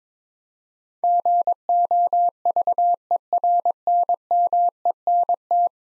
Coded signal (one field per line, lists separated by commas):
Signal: Morse code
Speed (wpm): 22 wpm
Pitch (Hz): 700 Hz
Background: none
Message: GOVERNMENT